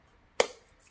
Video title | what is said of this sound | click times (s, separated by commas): Polarstar nailgun part 2.5 | made it to it just clicks right in and stays holds all the the | 0.4 s